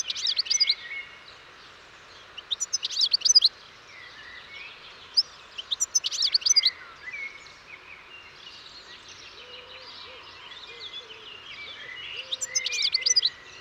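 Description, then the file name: European goldfinch singing in short, bright twittering bursts every few seconds, with a quieter continuous chatter of softer notes underneath. "Carduelis carduelis"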